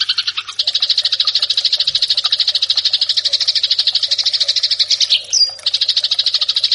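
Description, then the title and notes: Eurasian tree sparrow fighting call as a long, even, buzzy rattle of rapid notes, broken once by a brief sharp squeak. Fighting-style call (tarung) used for training birds. "MASTER GEREJA TARUNG. burung gereja"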